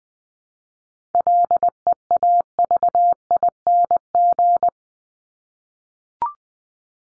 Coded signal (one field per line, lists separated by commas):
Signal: Morse code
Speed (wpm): 20 wpm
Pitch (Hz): 700 Hz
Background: none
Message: LEAVING